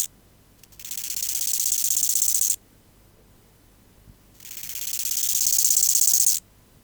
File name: Chorthippus biguttulus